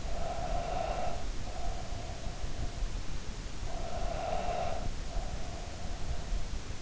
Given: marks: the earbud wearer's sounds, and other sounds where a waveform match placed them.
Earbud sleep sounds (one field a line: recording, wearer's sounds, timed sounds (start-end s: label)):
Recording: sounds in sleep by an in-ear microphone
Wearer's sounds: breath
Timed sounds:
0.00-3.11 s: breath
3.52-6.63 s: breath